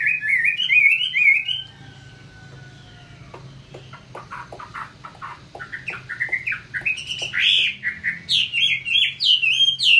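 Chinese hwamei song opening with looping whistles, a quieter stretch of clicks and soft notes, then building into loud varied whistled phrases.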